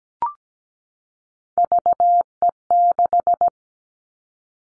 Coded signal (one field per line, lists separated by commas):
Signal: Morse code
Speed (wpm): 17 wpm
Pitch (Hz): 700 Hz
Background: none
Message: VE6